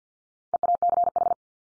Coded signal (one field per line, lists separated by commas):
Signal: Morse code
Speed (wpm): 48 wpm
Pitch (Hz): 700 Hz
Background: none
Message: EACH